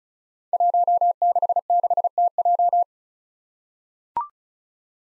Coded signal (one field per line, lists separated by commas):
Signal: Morse code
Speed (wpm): 36 wpm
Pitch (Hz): 700 Hz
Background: none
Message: 166TJ